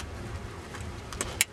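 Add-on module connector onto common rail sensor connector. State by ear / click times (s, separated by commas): seated / 1.4 s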